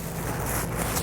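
A plastic trim piece is aligned into its panel slot during a speaker upgrade on a 2010–2015 BMW E84 X1, heard as steady broadband noise over a low hum with no sharp transients. Nothing has seated or clicked yet; the clip ends just before the piece snaps home.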